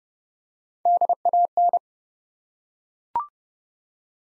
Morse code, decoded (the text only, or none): DAN